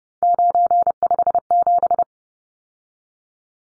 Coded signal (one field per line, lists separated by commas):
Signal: Morse code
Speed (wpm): 30 wpm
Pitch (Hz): 700 Hz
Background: none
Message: 957